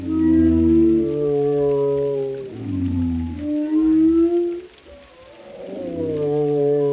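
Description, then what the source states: Whale song of sustained, deep harmonic moans that bend downward and rise again, mostly loud with a brief lull near the end. Whale vocalizations, including moans, calls and melodic sounds.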